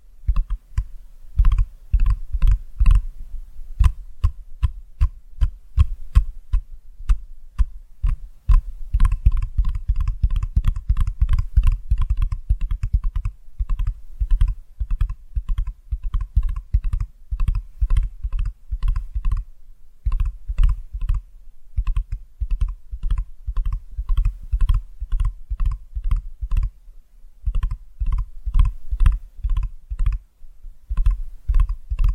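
Rapid tapping with a hard, clicky quality, much like fingers on a keyboard, continues for the whole stretch. Taps come in quick bursts with brief pauses, around 8 and 20 seconds and again near 27, each with a dull low knock and a bright click.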